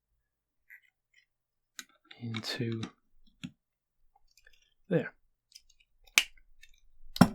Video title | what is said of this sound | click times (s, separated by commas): Building the DeAgostini Ford GT40 1/8 scale model - Stage 3 - Unboxing & Assembly Guide | the click that you want to hear of that being in place okay so that's done | 6.2 s